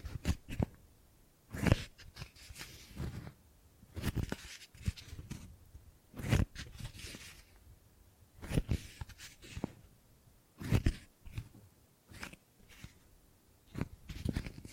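Gripping and grabbing sounds: short, sharp bursts of handling noise arrive irregularly, roughly every one to two seconds, some in quick clusters. Each grab pairs a dull low thump with a bright rustling scrape, with faint shuffling between them.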